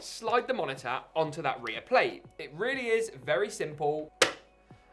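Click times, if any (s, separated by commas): 4.7 s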